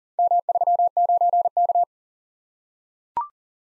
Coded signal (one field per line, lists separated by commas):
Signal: Morse code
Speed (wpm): 40 wpm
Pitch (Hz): 700 Hz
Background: none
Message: M39K